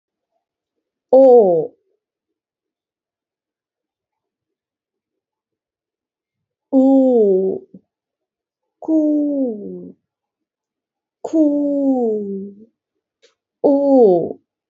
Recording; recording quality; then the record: sustained vowel as in boot; excellent, no background noise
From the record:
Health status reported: healthy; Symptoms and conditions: none ticked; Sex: female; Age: 36 years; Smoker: not ticked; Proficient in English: yes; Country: India